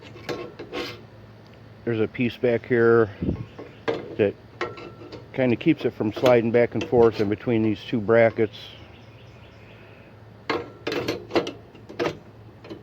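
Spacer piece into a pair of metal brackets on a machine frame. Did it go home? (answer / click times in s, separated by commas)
yes / 10.5 s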